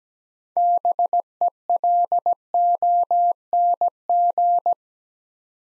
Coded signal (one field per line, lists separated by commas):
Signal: Morse code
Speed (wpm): 17 wpm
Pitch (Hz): 700 Hz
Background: none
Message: BELONG